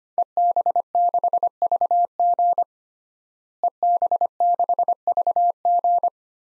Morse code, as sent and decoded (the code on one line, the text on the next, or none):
. -... -.... ...- --. / . -... -.... ...- --.
EB6VG EB6VG